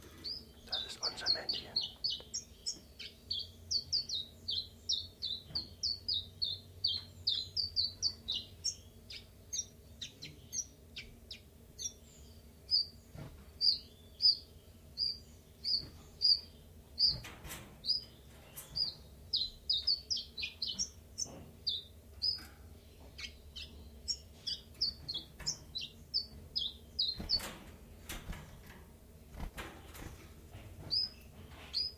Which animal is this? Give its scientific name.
Phylloscopus collybita